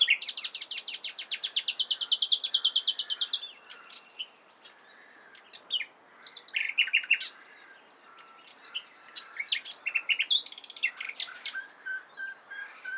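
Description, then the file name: Common nightingale song opening with a long fast rattling trill of repeated notes, then a pause and varied whistles, chirps and another quick rattle. "Luscinia megarhynchos"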